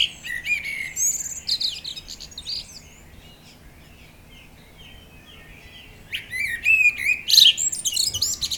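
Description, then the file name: Common blackbird calls and chirps, a busy cluster of high notes in the first three seconds, a quiet gap, then more sharp high notes near the end. "Turdus merula"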